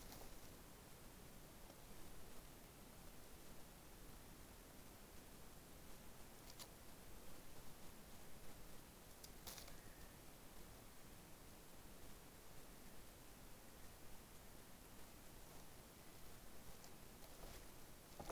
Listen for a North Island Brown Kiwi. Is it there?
no